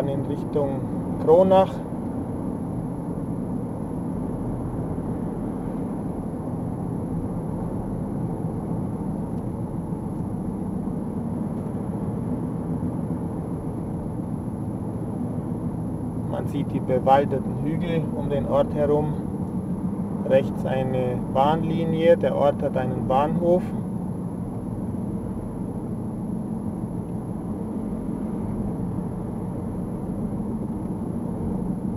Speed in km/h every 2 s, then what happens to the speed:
59, 58, 58, 56, 53, 55, 54, 52, 52, 52, 50, 49, 48, 48, 50, 50.
0-32 slows to 50.